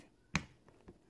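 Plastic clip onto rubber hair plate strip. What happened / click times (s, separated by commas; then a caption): The plastic clip snapped into place / 0.4 s. A plastic clip is pushed onto the rubber strip of a hair plate and snaps on with a single sharp, loud click at 0.4 s, followed by two faint soft knocks around 0.7 s and 0.9 s. The clip is seated on the rubber strip.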